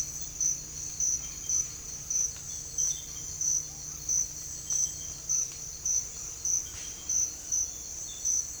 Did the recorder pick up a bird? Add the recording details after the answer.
no. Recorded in secondary vegetation near Puerto Asís, Putumayo, Colombia, on 21 December 2024 at 06:30. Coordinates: 0.484, -76.319. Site GP06